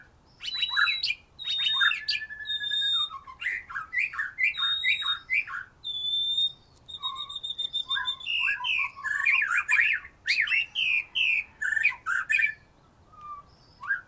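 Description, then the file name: White-rumped shama song: rich, varied phrases mixing clear flat whistles, sharp rising notes and harsh rattling bursts, delivered almost continuously with short pauses between phrases. "murai batu"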